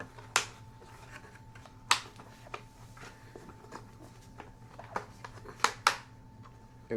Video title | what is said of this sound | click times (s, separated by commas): Cardo Packtalk Pro Install & Audio Comparison: Master Tech Review | Everything snaps into place. Nice. | 0.4 s, 1.9 s, 5.6 s, 5.9 s